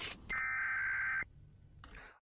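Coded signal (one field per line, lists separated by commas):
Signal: Emergency Alert System (SAME) tones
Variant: header bursts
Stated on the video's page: EAS tones in an analog-horror fiction production.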